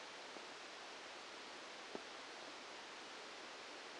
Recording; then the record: brain microelectrode recording played as sound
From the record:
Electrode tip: outside the subthalamic nucleus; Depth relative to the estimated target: -8 mm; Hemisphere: right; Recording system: NeuroSet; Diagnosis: Parkinson's disease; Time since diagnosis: 8 years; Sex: male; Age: 65 years